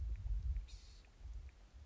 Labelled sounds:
Blue-gray Gnatcatcher (Polioptila caerulea)
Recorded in Sonoma County, California

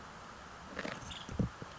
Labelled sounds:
Nuttall's Woodpecker (Dryobates nuttallii)
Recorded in Sonoma County, California

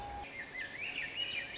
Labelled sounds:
Swainson's Thrush (Catharus ustulatus)
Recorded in Sonoma County, California

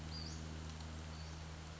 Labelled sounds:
Western Flycatcher (Empidonax difficilis)
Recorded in Sonoma County, California

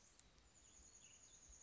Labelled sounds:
Chestnut-backed Chickadee (Poecile rufescens)
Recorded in Sonoma County, California

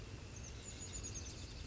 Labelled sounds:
Chestnut-backed Chickadee (Poecile rufescens)
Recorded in Sonoma County, California

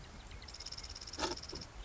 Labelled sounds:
Marsh Wren (Cistothorus palustris)
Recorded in Sonoma County, California

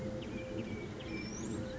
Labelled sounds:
Eurasian Collared Dove (Streptopelia decaocto)
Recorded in Sonoma County, California

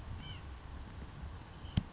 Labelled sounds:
White-breasted Nuthatch (Sitta carolinensis)
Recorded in Sonoma County, California

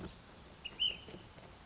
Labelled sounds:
Ash-throated Flycatcher (Myiarchus cinerascens)
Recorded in Sonoma County, California

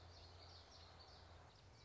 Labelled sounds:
Common Yellowthroat (Geothlypis trichas)
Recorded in Sonoma County, California

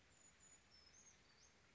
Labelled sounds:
Brown Creeper (Certhia americana)
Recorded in Sonoma County, California

